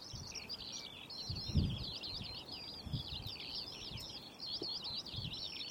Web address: linnut kiuru